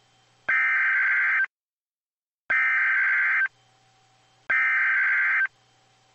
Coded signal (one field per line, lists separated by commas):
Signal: Emergency Alert System (SAME) tones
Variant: header bursts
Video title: NOAA - 2 High Wind Watches (EAS #1,297 1,298) READ DESC